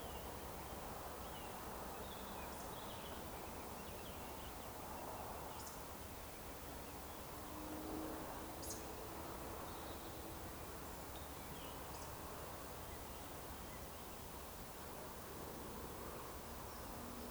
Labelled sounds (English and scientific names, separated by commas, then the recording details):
Eurasian Woodcock (Scolopax rusticola)
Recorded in Baden-Württemberg, Germany, on 30 June 2020 at 20:02 UTC
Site 43791, 788 m above sea level